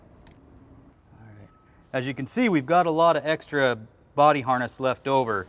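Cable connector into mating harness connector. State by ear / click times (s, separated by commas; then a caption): seated / 0.3 s. A cable connector, routed under the chassis of a refuse truck, is pushed into the mating end of the body harness and clicks into place with one sharp click at 0.3 s. After a quiet stretch, someone talks.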